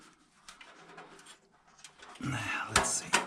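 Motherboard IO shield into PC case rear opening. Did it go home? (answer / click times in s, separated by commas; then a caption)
yes / 2.8 s, 3.1 s. A stamped sheet-metal motherboard IO shield is pressed into the rear opening of a PC case, with faint handling taps and someone talking. Two sharp metallic clicks at 2.8 s and 3.2 s show the shield snapping into place and seating.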